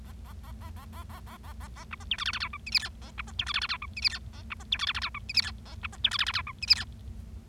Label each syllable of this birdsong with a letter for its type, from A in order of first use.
A A A A A A A A A A A B C D E F F G H I J K A B C D E F F G H I J K A B C D E F F G H I J K A B C D E F F G H I J K